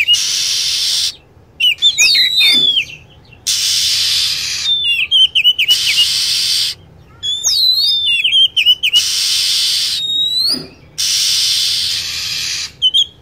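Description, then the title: Lovebird calls in a steady alternation: clusters of squeaky, sweeping chirps and stuttered trills trading off with long harsh hissing bursts. Lure sound (pikat) used to attract lovebirds. "PIKAT BURUNG LOVEBIRD"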